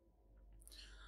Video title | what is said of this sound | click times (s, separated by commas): Kenwood Food Processor FDM307SS - Unboxing & Review - main features & functions | obviously with a click sound on the right side | 0.6 s, 0.7 s